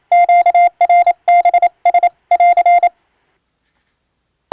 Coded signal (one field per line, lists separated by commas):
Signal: Morse code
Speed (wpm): 27 wpm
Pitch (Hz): 700 Hz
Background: none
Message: QRBS <AR>